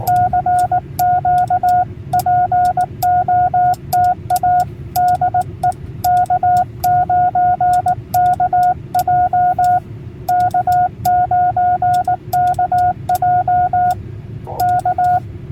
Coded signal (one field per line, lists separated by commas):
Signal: Morse code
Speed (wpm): 19 wpm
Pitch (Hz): 720 Hz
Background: none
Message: CQ POTA DE K9KJ K9KJ K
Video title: POTA Activation K-4206 - CW Only